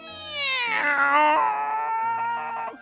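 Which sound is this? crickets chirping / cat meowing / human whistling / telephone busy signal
cat meowing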